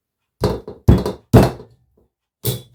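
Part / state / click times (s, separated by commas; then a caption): bed guard rail into bed frame / not seated / none. A bedside guard rail is handled and positioned on a bed frame, producing several dull thunks and knocks, with sharp onsets near 0.4 s and 0.9 s and more around 1.3 s and 2.4 s. The rail has not locked into place yet; nothing has seated by the end of the clip.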